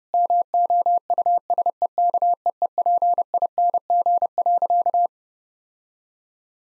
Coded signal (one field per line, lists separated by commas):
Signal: Morse code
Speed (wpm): 30 wpm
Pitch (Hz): 700 Hz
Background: none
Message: MOUSEKEEPING.